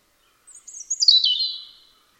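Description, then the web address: European robin song: one thin, high phrase that tumbles downward into twittering trills. "Deverinetal 2025 File origin Bird Only Er Ru"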